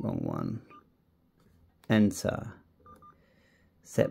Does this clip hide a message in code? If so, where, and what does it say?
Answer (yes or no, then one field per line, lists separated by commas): no